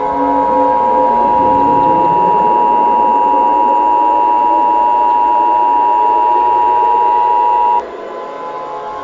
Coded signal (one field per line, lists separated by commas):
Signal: Emergency Alert System (SAME) tones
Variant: 853 and 960 Hz attention tone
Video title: Eas Scenario/ Analog Horror Nightmare Street